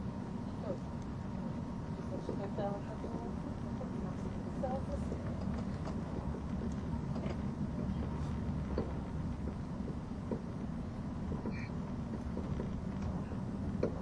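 Onboard an ETR610 tilting EuroCity train on the Gotthard Base Tunnel route, a heavy, steady low rumble and roar fills the whole recording without letup. Brief faint voices and small clicks or knocks surface occasionally above the constant running noise, along with a thin steady tone.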